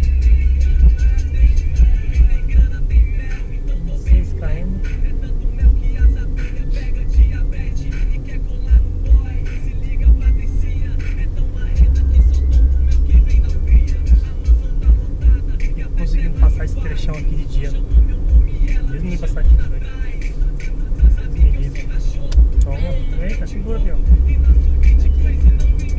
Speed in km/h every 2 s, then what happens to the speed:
34, 37, 42, 46, 46, 49, 51, 51, 53, 55, 56, 58, 59.
0-26 speeds up to 59.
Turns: none.